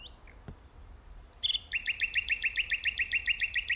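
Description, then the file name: Common nightingale song: a few thin high whistles, then a fast series of sharp repeated notes. "Luscinia megarhynchos"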